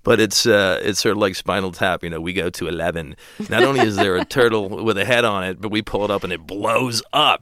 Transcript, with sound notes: But it's sort of like "Spinal Tap." You know, we go to 11. (LAUGHTER) Not only is there a turtle with a head on it, but we pull it up and it blows up.